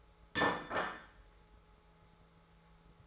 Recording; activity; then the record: daily activity, microphone in the room; place plate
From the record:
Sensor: 3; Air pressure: 1015.0 hPa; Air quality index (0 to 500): 208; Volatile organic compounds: 33 ppm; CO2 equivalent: 3029 ppm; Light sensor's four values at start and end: 35/85/36/39 and 34/85/36/39